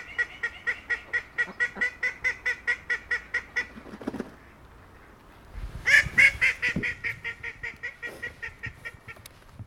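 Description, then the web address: Duck calls, a fast regular run of harsh quacks for nearly four seconds, a pause, then a louder burst and another rapid series of calls. Effelder Waldsee, 20 December 2021; recorded with a Zoom recorder. "2021 12 20-Effelder Waldsee Ente"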